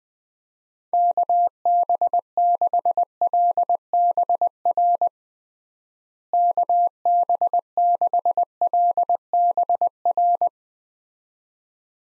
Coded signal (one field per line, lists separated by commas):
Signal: Morse code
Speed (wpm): 21 wpm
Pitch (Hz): 700 Hz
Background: none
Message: KB6LBR KB6LBR